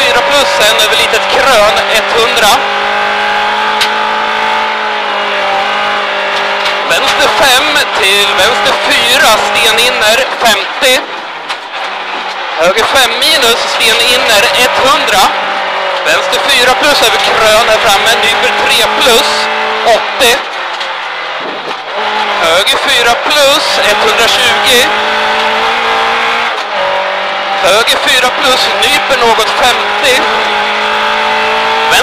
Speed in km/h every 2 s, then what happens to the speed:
136, 143, 132, 134, 128, 102, 107, 103, 109, 108, 88, 90, 104, 102, 109, 116.
0-7 steady at about 134. 7-11 brakes to 102. 11-18 steady at about 107. 18-20 brakes to 88. 20-32 speeds up to 116.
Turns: none.